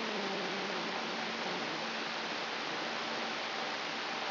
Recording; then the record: brain microelectrode recording played as sound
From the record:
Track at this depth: inside the subthalamic nucleus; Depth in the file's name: 7.329 mm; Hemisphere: right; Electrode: 3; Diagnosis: Parkinson's disease